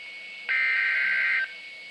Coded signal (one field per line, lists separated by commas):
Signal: Emergency Alert System (SAME) tones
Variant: header bursts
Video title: Severe Thunderstorm Warning on KJY68 - EAS #161